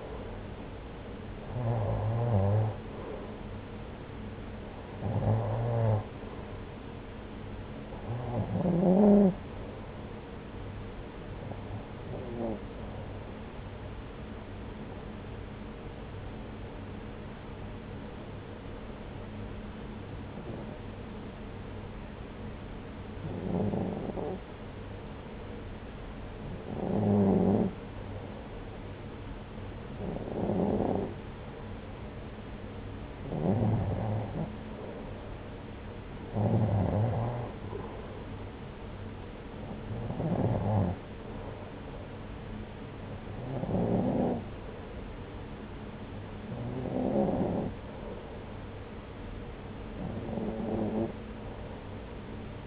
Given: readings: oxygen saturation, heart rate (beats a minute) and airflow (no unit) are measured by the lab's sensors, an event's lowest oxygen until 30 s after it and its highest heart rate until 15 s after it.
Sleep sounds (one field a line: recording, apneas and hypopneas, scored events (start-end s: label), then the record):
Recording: breathing in sleep by a voice recorder at the bedside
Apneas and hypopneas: 1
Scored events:
16.00-37.80 s: hypopnea (REM, oxygen 96% highest, then 93% lowest)
From the record:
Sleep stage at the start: REM sleep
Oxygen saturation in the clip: 89 to 96%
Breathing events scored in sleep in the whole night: 303 in 8.1 hours asleep